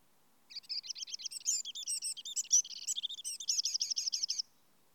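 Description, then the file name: Eurasian wren singing a vigorous four-second burst of jumbled high chatter and trills that closes on a steady, rapid rattle of repeated notes. "Troglodytes troglodytes"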